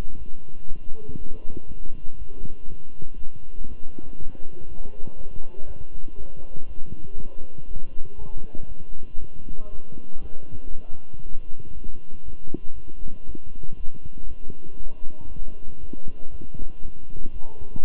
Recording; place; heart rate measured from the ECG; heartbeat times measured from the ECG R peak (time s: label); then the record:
heart sounds by stethoscope; between the tricuspid and mitral areas; 119 bpm
0.17 s: heartbeat
0.68 s: heartbeat
1.17 s: heartbeat
1.67 s: heartbeat
2.17 s: heartbeat
2.68 s: heartbeat
3.18 s: heartbeat
3.67 s: heartbeat
4.18 s: heartbeat
4.67 s: heartbeat
5.17 s: heartbeat
5.66 s: heartbeat
6.16 s: heartbeat
6.67 s: heartbeat
7.17 s: heartbeat
7.67 s: heartbeat
8.18 s: heartbeat
8.68 s: heartbeat
9.18 s: heartbeat
9.70 s: heartbeat
10.21 s: heartbeat
10.71 s: heartbeat
11.22 s: heartbeat
11.73 s: heartbeat
12.24 s: heartbeat
12.74 s: heartbeat
13.25 s: heartbeat
13.76 s: heartbeat
14.27 s: heartbeat
14.77 s: heartbeat
15.28 s: heartbeat
15.79 s: heartbeat
16.30 s: heartbeat
16.81 s: heartbeat
17.32 s: heartbeat
17.82 s: heartbeat
From the record:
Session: walking at 3.7 km/h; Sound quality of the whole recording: good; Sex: male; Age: 23 years